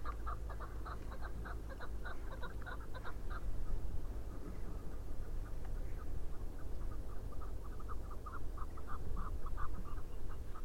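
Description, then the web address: Chukar partridge giving runs of clucking notes, a burst early and another toward the end, partly masked by strong low rumbling noise. "sound Chukar. صدای-کبک-چوکار"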